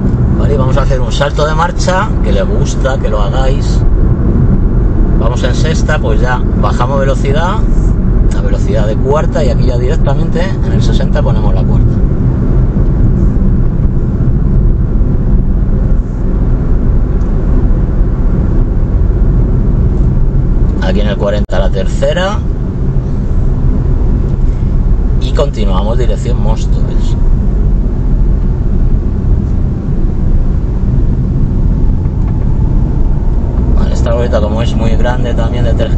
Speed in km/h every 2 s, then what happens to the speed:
81, 76, 74, 67, 60, 56, 55, 55, 55, 55, 41, 40, 40, 36, 33, 29, 33, 38.
0-30 slows to 29. 30-36 speeds up to 38.